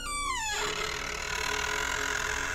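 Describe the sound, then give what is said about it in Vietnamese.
A wooden door in a house gives one drawn-out creak that glides downward in pitch as a strong gust blows in from outside, then gives way to a steady, loud rush of wind with faint lingering tonal groans of wooden doors underneath. “Ấy, cái cơn gió này đi đến đâu thì từng cánh cửa gỗ trong căn nhà vang lên kẽo cả kẽo kẹt.”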